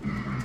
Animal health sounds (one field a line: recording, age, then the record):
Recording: pig call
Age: growing-finishing pig (85 days or more)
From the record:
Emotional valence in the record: positive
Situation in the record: run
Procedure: transit